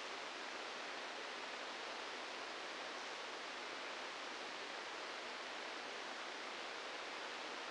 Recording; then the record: brain microelectrode recording played as sound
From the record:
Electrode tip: outside the subthalamic nucleus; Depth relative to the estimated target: 1 mm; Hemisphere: left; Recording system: NeuroSet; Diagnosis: Parkinson's disease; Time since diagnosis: 15 years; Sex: female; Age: 59 years